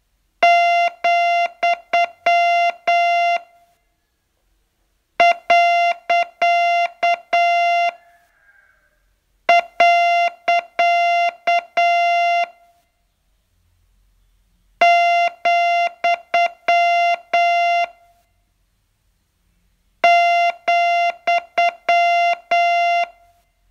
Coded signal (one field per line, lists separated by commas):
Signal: Morse code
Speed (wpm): 8 wpm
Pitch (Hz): 690 Hz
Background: none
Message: , .. , ,